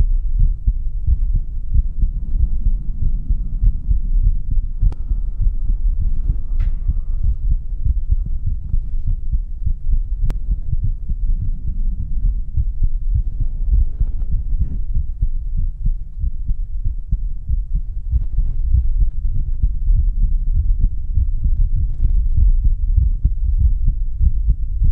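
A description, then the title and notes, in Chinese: A heartbeat thumps steadily, deep and muffled, with faint brief clicks and rustles around five to seven seconds. 建议佩戴耳机 我的心声给你听 - 心跳声。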